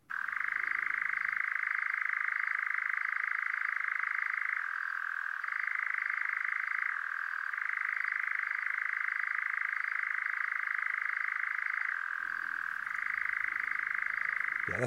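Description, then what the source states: Nightjar churring: a long, continuous mechanical trill that drops briefly in pitch three times before returning to its steady level, with faint low noise at the start and end. Churring, the main sound to listen for in this hard-to-survey summer migrant to Ireland, also called goatsucker.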